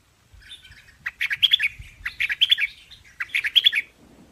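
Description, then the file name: Hoanh Hoach bird song as three bursts of rapid, chattering and squeaky notes, each under a second, with brief gaps between. "Tieng chim Hoanh Hoach Thom hot"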